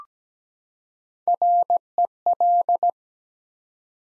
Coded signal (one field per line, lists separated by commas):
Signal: Morse code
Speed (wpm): 17 wpm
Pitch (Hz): 700 Hz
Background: none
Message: REL